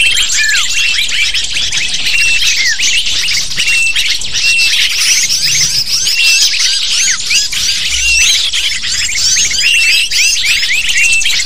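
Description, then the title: Lovebird flock chatter, many high, sharp chirps overlapping without pause, busy and shrill throughout. Used as a lure to attract lovebirds. "PIKAT BURUNG LOVEBIRD"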